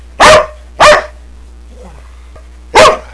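Dog barking, two sharp barks in quick succession, a short pause with faint sounds, then a third bark; a low steady hum underneath.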